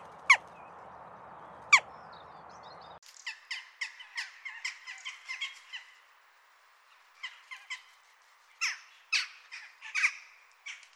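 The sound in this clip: Jackdaw chatter, rapid short calls, following two sharp clicks over a hissing background at the start.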